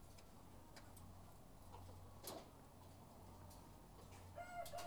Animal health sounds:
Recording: poultry house recording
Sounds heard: sick chickens (respiratory disease)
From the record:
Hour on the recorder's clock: 11

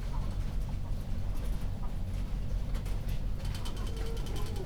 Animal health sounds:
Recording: poultry house recording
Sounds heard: healthy chickens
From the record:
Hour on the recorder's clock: 0

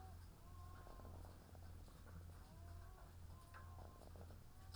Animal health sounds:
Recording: poultry house recording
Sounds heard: sick chickens (respiratory disease)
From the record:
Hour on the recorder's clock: 17

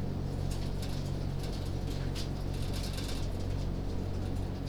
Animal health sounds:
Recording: poultry house recording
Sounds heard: no chicken sound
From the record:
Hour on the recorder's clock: 19

